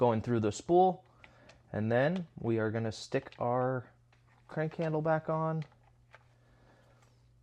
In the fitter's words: You can kind of move it how you need to, but it lines up here and snaps into place.